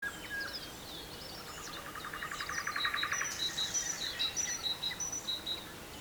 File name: Great Tit Parus major